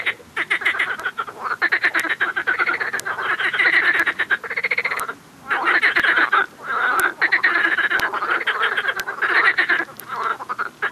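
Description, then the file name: Marsh frog croaking, fast rattling pulsed croaks in long, nearly continuous bursts broken by a few short pauses, with faint regular ticking clicks throughout. "Pelophylax ridibundus call"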